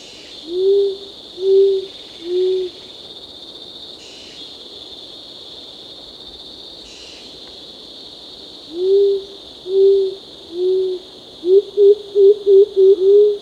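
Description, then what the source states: Short-toed coucal giving sets of three low hoots separated by a pause, then a quicker run of six shorter hoots, over loud buzzing insects. Recorded on 1 April 2006.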